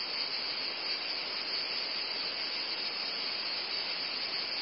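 Cicadas producing a sustained, even, sizzling buzz with no pauses or shifts in loudness.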